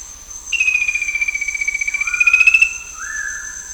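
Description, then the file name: Bird giving a fast, buzzy trill of about two seconds that rises at its close, with a lower note starting near its end and another after it, over a constant thin high whine. "SABIOD 50 bird 2015"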